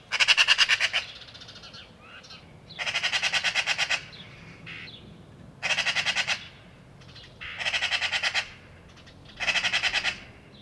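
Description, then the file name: Eurasian magpie giving harsh, rattling chatter in five rapid bursts of about a second each, separated by short pauses, with faint softer calls between bursts. "harakka"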